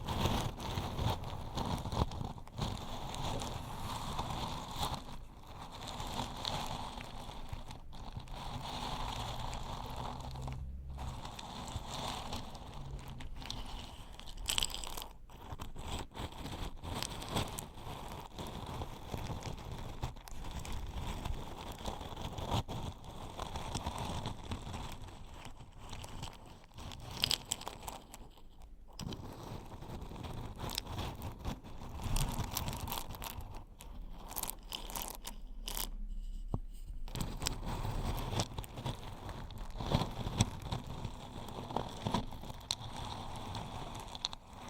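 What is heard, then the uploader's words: Crunchy stirring of old-time riches: a dense, steady stream of dry crackling and crinkling runs through the whole clip, with quick irregular scrapes. Brief sharp clicks and a few short pauses break it up, notably around 29 and 36 seconds. Old-Time Riches Crunchy Stirring. NO TALKING.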